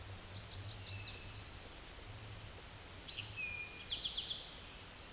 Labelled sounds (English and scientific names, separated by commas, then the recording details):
Eastern Towhee (Pipilo erythrophthalmus) song
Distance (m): 35 m
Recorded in a Pennsylvania forest on 17 May 2023 at 13:27
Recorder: AudioMoth, point grid1_31_low
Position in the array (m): 111 m, 105 m